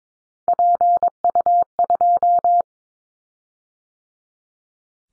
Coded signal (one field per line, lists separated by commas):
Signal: Morse code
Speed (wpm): 22 wpm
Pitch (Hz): 700 Hz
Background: none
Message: PU2